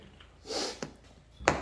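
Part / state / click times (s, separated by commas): seat upholstery retaining clip into truck seat frame / seated / 1.5 s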